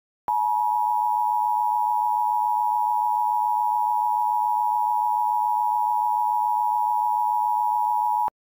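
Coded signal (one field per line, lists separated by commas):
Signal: Emergency Alert System (SAME) tones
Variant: 853 and 960 Hz attention tone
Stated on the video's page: Mock fictional riot alert with valid SAME tones, recreating a DASDEC encoder screen.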